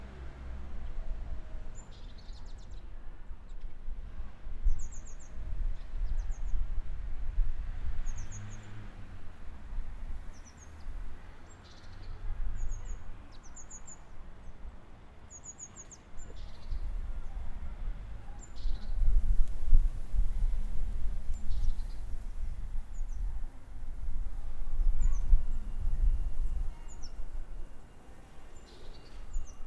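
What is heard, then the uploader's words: Outdoor ambience in Pelham Square, Brighton, built on a steady low rumble that swells around 18 to 27 seconds. High, thin bird chirps come in short bursts every few seconds throughout, with faint hiss beneath. Record location Pelham Square,Brighton Recorded with a H6 Zoom xy built in mic.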